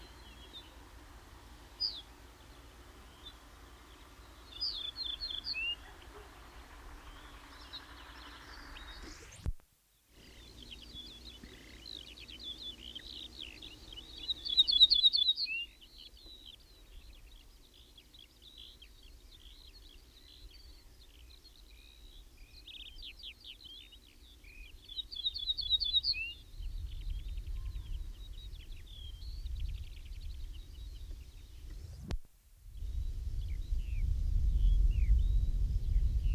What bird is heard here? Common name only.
Ortolan Bunting